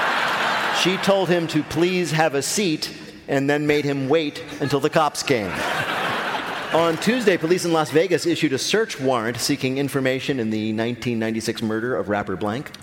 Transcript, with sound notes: She told him to please have a seat and then made him wait until the cops came.
(LAUGHTER)
On Tuesday, police in Las Vegas issued a search warrant seeking information in the 1996 murder of rapper blank.